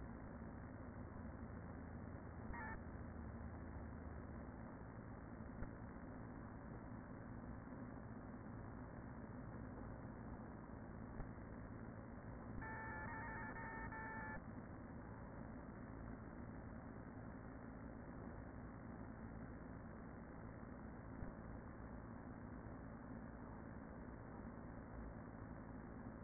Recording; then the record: honeybee colony, microphone inside the hive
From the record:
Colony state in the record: queen present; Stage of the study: after two queens were removed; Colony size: about 40,000 bees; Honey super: no